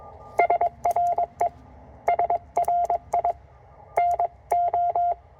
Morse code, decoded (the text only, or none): SRE SRI NO